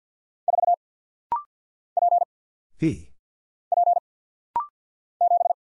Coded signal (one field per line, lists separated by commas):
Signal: Morse code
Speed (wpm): 50 wpm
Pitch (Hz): 700 Hz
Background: none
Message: 4 P P 7